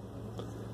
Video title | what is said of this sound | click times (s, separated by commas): UNBOXING AND REVIEW dewalt taladro inalambrico* | Entonces, al momento en el que se cierra, llega un momento en el que truena. | 0.4 s